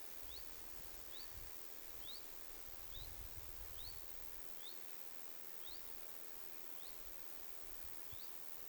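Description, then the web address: Common chiffchaff repeating short upward-slurred whistles, nine in all, roughly one each second, with some low rustling. Two chiffchaffs giving 'hyit' calls, 21 August 2026. "paivat 21 8 2026 kaksi tiltalttilintua hyit-tiltaltteja"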